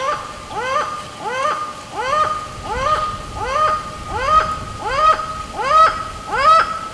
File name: Laughing Falcon